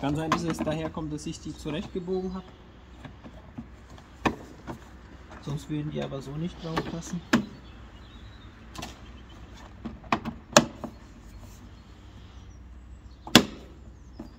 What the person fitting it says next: So now everything is locked into place.